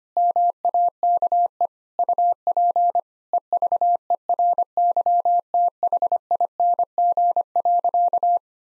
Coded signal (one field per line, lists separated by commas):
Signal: Morse code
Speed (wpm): 25 wpm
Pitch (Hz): 700 Hz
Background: none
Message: MAKE UP EVERYTHING.